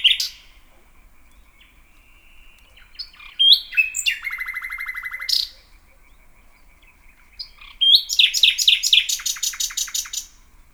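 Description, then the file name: Common nightingale song: varied phrases of sharp whistles, a fast rattling trill, then rapid repeated chirps and a dry churring run, separated by short pauses. "luscinia megarhynchos"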